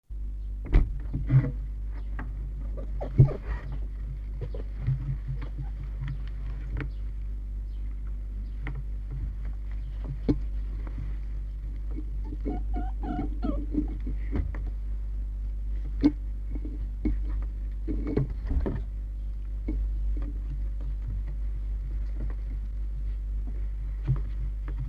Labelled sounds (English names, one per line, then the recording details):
Red Fox
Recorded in captivity
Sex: diverse
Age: juvenile
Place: Zoologisches Institut der HUB, Berlin, DE
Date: 1958-06-28
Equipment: Smaragd
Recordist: Tembrock, Günter